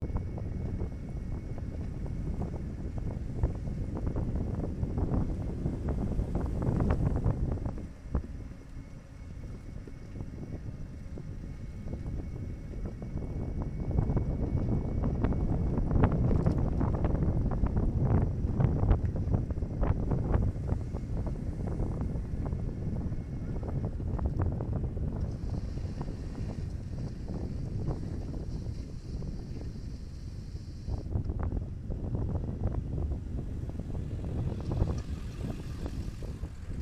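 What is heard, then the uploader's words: A bike ride along a downtown lane, with heavy low wind rumble, clattering road bumps, a steady faint whine, and passing traffic. There's no congestion over here in the bike lane. A cyclists' perspective, from a hnadlebar cam, of a trip along a bike lane in downtown Carrboro, NC. To the left is a long line of cars being passed by the bike.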